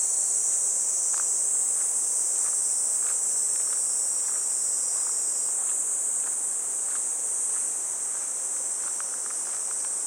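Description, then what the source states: Cicadas drone in a steady, high, continuous buzz that never breaks, with soft footsteps crunching at an even walking pace underneath. Recorded walking a riverbank embankment path on a fresh, clear morning, heading toward a weir.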